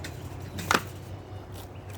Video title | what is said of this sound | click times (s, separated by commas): Homestead Monday, frost coming | and that's it it just clicks right up in here | 0.8 s